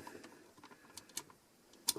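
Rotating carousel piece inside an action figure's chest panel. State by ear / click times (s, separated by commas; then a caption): seated / 1.9 s. A plastic rotating carousel piece inside the chest panel of a Transformers MP-03 Masterpiece Grimlock (2014) action figure is twisted repeatedly after several failed attempts, producing small ticks and clicks. At 1.9 s it pops into position with a sharp, loud click and is seated in place.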